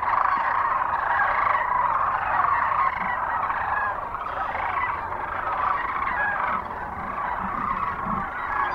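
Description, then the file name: Massed Sandhill Cranes giving continuous rolling, trumpeting calls, the chorus easing slightly midway. Recorded 9 March 2004 near Kearney, Nebraska. "2004-03-09 SACRandmore Kerney NE"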